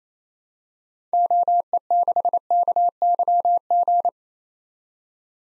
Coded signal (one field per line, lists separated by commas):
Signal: Morse code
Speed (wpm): 28 wpm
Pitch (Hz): 700 Hz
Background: none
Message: OE6KYG